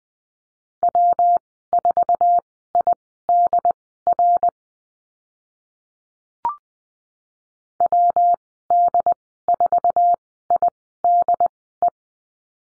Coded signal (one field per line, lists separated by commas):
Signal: Morse code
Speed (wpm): 20 wpm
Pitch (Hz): 700 Hz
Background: none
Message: W4IDR WD4IDE